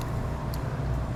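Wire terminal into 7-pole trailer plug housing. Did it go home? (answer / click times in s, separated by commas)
no / none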